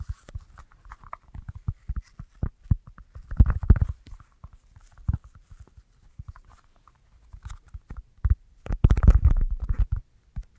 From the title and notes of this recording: ASMR Tingliest Tapping Assortment for Sleep (No Talking).